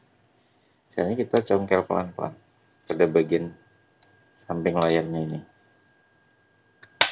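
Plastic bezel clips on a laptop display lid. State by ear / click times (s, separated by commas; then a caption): released / 6.8 s, 7.0 s. Someone talks while a thin pry tool works slowly along the side of the thin plastic bezel around the LCD screen of a Dell Vostro 3458 laptop display lid. The plastic clips release with a faint click at 6.8 s and a sharp, loud click at 7.0 s, and the bezel pops loose.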